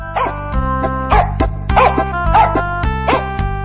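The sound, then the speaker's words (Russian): A dog barks about six times in quick, uneven bursts, each bark sharp and mid-pitched, as the master's dog jumps out of a sack and chases a fox, with a steady tonal musical background humming underneath. “Вот села она, положила мешок на землю, и только было принялась петь, как вдруг выскочила из мешка хозяйская собака.”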